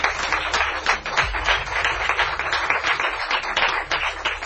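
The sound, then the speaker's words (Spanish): Steady audience applause welcoming guests Carlos Canales and Jesús Callejo, a dense wash of many hands clapping at a constant loud level with no voices over it. “Los recibimos con un aplauso, ¿verdad?, con nuestros oyentes Carlos Canales y Jesús Callejo.”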